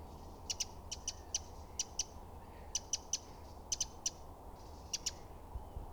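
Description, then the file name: Eurasian wren hard tick calls, mostly in quick doubled clicks repeated at irregular intervals, sharp and dry against a quiet hissing background. "Troglodytes troglodytes"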